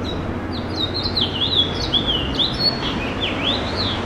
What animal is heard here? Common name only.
House Finch